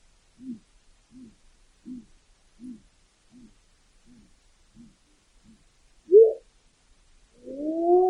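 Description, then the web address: Bird calls: a run of eight short, soft, low notes at an even pace, followed by a louder rising whoop and a drawn-out wail. Recorded in Alaska on 9 August 2013. "alaska acoustic highlights"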